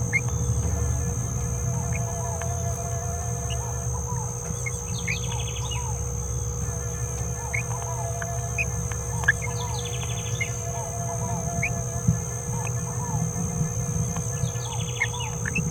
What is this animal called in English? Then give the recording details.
Green-rumped Parrotlet. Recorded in a nest box in Venezuela. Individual 18B17A4